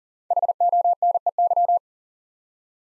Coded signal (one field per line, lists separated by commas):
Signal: Morse code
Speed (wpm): 38 wpm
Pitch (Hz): 700 Hz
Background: none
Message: HONEY